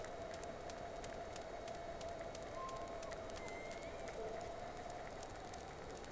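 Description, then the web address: Whale calls: a few faint tonal sweeps, one level and one rising, over steady underwater hiss with scattered sharp clicks throughout. Two whales, 3 October 2006, from the Sea Snake. "Sea Snake 10-3-06 Whales X 2"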